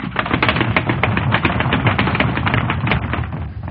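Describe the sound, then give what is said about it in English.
A door opens and a group of children run in: a dense, rapid clatter of many running footsteps, steady and fairly loud throughout with no voices. “Suddenly the door opened and the children ran in.”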